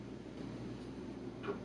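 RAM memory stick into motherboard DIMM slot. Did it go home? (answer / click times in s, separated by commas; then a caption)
no / none. A desktop RAM memory stick (DIMM) is handled at the motherboard DIMM slot of an Alienware Aurora R7 during an upgrade to 32 GB; the module has not yet been pressed home to latch its retaining clips. A steady low hum and faint handling noise are heard, with a brief soft rustle near 1.5 s. Nothing has seated or clicked yet.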